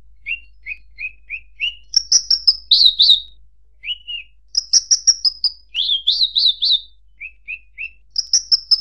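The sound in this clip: Bird song opening with a row of soft, evenly spaced whistled notes, then rushed high trills, fluttering phrases and more whistles.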